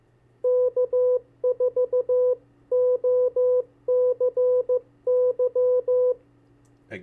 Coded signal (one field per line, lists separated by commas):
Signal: Morse code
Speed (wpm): 15 wpm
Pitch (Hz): 500 Hz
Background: speech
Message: K4OCY